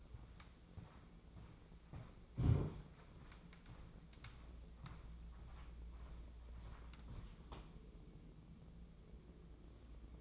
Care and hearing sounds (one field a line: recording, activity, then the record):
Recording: daily activity, microphone in the room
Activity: walk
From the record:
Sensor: 1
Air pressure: 996.0 hPa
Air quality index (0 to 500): 240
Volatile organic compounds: 1000 ppm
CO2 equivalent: 6998 ppm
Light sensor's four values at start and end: 38/94/40/49 and 36/88/38/45